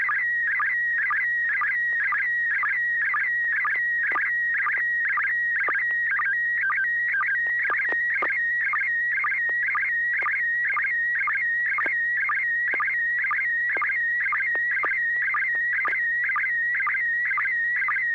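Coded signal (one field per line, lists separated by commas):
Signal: SSTV (slow-scan television)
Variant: PD120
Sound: warbling whistle near 2 kHz with a fast chirpy rhythm repeating about twice a second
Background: low electrical hum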